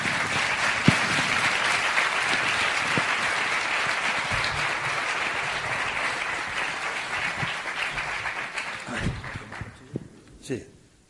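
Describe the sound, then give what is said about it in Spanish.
A crowd in Seville claps steadily in dense, sustained applause for about nine seconds, welcoming mystery speaker Miguel Aracil to give a talk, then the clapping thins out into a few scattered, louder individual claps before fading. “Un fuerte aplauso.”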